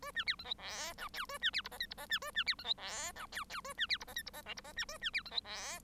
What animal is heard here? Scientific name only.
Lonchura striata domestica